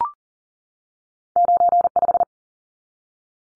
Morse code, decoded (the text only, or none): 95